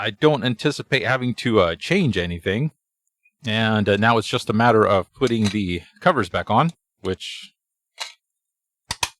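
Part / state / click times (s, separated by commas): plastic cover onto smart plug housing / seated / 8.9 s, 9.0 s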